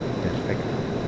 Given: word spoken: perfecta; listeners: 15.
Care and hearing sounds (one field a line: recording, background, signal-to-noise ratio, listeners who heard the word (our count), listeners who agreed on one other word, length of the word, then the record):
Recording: one Spanish word in noise, from a listening test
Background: speech-shaped noise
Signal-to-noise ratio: -5.9 dB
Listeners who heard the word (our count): 0 of 15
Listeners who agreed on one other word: 12 of 15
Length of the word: 0.68 s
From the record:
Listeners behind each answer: 12, 1, 1, 1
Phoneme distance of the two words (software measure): 10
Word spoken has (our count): 3 syllables, 8 phonemes, stress on syllable 2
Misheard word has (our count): 3 syllables, 8 phonemes, stress on syllable 2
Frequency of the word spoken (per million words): 24.62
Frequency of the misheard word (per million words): 30.95